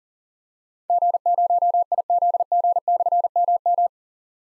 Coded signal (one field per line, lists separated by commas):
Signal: Morse code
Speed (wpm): 40 wpm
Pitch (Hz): 700 Hz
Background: none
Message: G0IZG/MM